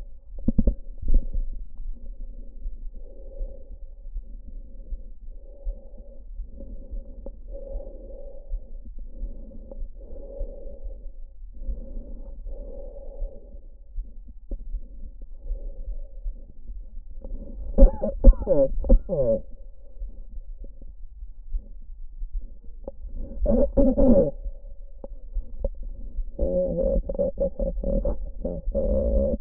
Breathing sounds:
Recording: lung sounds by stethoscope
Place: trachea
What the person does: quiet breathing, then cough and speech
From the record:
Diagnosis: COPD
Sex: female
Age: 72 years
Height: 156 cm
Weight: 72 kg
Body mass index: 29.6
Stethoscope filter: diaphragm mode

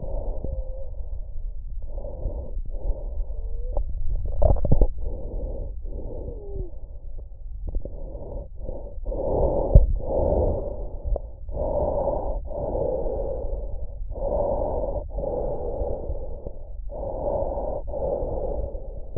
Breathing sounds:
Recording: lung sounds by stethoscope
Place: trachea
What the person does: quiet breathing, then deep breathing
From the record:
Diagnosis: COPD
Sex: male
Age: 69 years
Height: 162 cm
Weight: 124.8 kg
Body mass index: 47.6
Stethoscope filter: extended mode

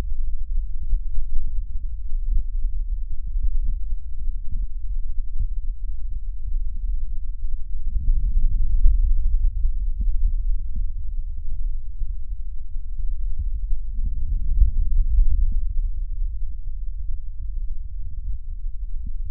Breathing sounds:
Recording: lung sounds by stethoscope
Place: right anterior apical chest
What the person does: quiet breathing, then deep breathing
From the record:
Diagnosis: interstitial lung disease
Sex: female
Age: 65 years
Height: 156 cm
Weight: 66.8 kg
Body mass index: 27.4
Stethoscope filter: bell mode

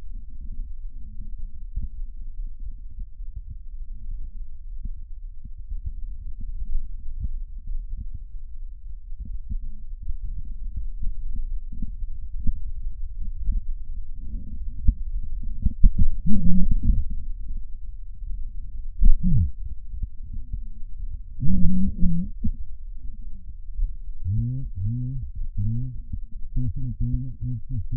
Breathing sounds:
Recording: lung sounds by stethoscope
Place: right posterior apical chest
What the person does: quiet breathing, then cough and speech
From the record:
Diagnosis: pulmonary infection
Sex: male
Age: 54 years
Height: 187 cm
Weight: 95 kg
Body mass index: 27.2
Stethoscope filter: bell mode

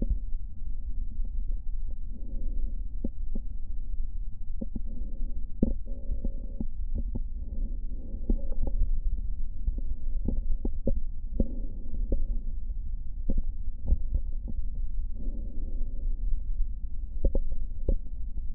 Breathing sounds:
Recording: lung sounds by stethoscope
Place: right posterior basal chest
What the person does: quiet breathing, then deep breathing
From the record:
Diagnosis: interstitial lung disease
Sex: female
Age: 74 years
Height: 150 cm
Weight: 69.8 kg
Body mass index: 31.0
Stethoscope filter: diaphragm mode

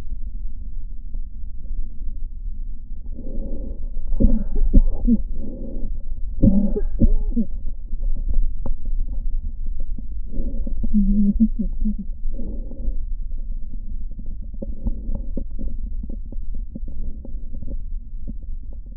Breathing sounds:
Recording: lung sounds by stethoscope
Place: right posterior basal chest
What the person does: quiet breathing, then cough and speech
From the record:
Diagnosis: interstitial lung disease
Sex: female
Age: 53 years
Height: 168 cm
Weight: 108 kg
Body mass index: 38.3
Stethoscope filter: diaphragm mode

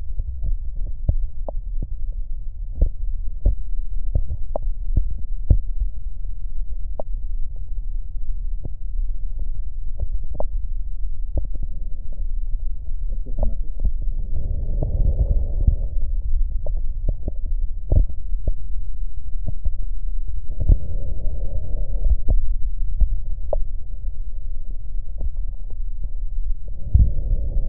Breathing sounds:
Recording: lung sounds by stethoscope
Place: right posterior basal chest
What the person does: quiet breathing, then deep breathing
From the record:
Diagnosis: none (healthy)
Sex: male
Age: 35 years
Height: 186 cm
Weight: 108 kg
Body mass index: 31.2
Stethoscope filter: extended mode

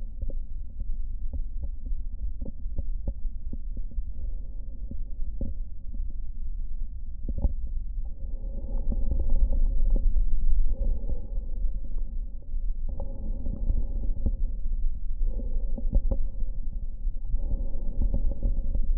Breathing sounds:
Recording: lung sounds by stethoscope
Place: right anterior apical chest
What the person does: quiet breathing, then deep breathing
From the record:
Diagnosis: COPD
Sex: male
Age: 77 years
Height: 172 cm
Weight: 94 kg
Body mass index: 31.8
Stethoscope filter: diaphragm mode

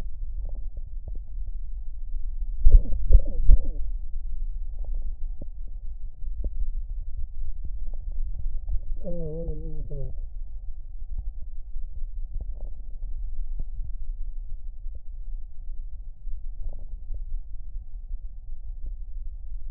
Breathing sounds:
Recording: lung sounds by stethoscope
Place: left anterior apical chest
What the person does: quiet breathing, then cough and speech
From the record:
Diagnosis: COPD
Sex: male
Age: 65 years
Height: 162 cm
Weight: 67.8 kg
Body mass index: 25.8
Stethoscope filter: extended mode

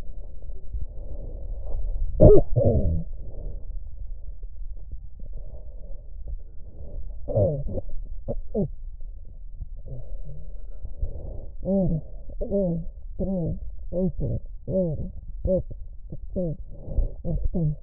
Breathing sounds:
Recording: lung sounds by stethoscope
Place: left posterior basal chest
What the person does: quiet breathing, then cough and speech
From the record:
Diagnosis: interstitial lung disease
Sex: female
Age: 72 years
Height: 153 cm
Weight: 71 kg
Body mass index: 30.3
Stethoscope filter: extended mode

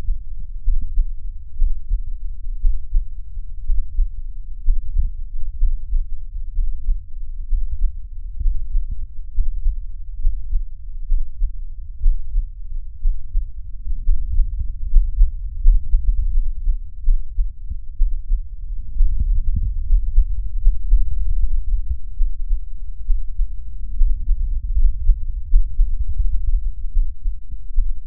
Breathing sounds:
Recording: lung sounds by stethoscope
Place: right anterior apical chest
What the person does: quiet breathing, then deep breathing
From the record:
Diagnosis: none (healthy)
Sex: male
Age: 30 years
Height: 190 cm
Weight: 88 kg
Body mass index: 24.4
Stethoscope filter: bell mode

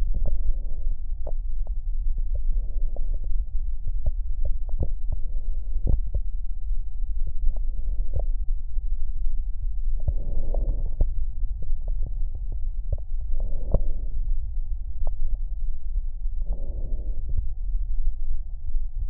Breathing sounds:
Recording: lung sounds by stethoscope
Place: left posterior basal chest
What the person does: quiet breathing, then deep breathing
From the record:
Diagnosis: interstitial lung disease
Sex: female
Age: 60 years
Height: 154 cm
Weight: 68.1 kg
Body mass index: 28.7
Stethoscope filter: extended mode

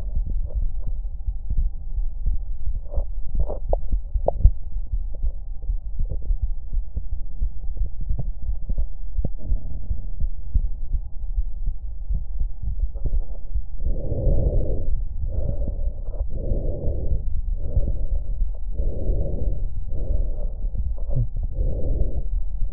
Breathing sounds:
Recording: lung sounds by stethoscope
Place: left anterior apical chest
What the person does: quiet breathing, then deep breathing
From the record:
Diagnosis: none (healthy)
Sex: male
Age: 29 years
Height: 180 cm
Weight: 100 kg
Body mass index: 30.9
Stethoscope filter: extended mode

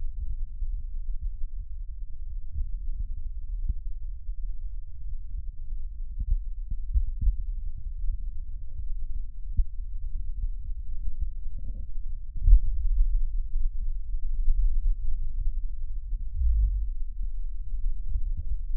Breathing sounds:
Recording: lung sounds by stethoscope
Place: right posterior basal chest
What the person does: quiet breathing, then deep breathing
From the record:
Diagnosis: COPD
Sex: male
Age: 85 years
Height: 183 cm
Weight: 88 kg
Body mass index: 26.3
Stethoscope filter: bell mode

